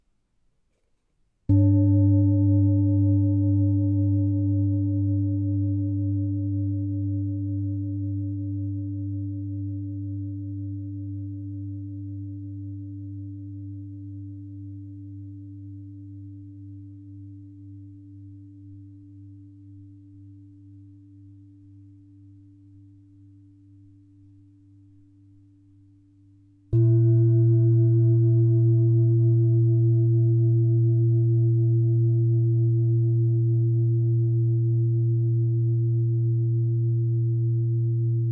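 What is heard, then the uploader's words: A singing bowl is struck at about one and a half seconds, its deep hum and bright ringing overtones slowly fading over nearly half a minute. At about twenty-seven seconds it is struck again, slightly higher, and rings steadily to the end. Singing bowl sound therapy, can quickly calm down.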